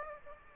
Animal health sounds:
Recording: mosquito wingbeat signal from an infrared sensor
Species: Aedes aegypti

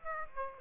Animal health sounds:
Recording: mosquito wingbeat signal from an infrared sensor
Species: Aedes aegypti

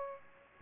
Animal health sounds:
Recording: mosquito wingbeat signal from an infrared sensor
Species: Aedes aegypti

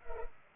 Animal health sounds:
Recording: mosquito wingbeat signal from an infrared sensor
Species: Culex pipiens

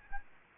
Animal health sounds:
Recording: mosquito wingbeat signal from an infrared sensor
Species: Aedes albopictus

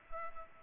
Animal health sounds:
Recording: mosquito wingbeat signal from an infrared sensor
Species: Culex pipiens

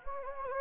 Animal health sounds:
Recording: mosquito wingbeat signal from an infrared sensor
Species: Anopheles gambiae

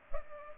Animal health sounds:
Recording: mosquito wingbeat signal from an infrared sensor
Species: Culex pipiens

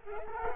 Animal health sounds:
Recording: mosquito wingbeat signal from an infrared sensor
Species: Culex quinquefasciatus

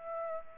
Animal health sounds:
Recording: mosquito wingbeat signal from an infrared sensor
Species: Aedes aegypti

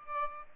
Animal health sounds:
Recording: mosquito wingbeat signal from an infrared sensor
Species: Aedes albopictus

